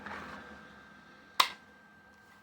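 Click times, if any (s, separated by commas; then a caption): 1.4 s. A handgun is drawn out of a plastic WERKZ M6 IWB holster, pulled with some force against the retention. After a quiet stretch, a sharp, bright click at 1.4 s marks the pistol popping free of the retention, followed by a short decay. The gun is released from the holster.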